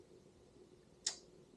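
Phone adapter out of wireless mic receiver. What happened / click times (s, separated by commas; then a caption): The small adapter snapped free of its socket / 1.1 s. A phone adapter is pulled out of a DJI Mic 2 wireless mic receiver, where it had been held in pretty firmly. Against a quiet, low hum, a single sharp click at 1.1 seconds marks the adapter popping free and released.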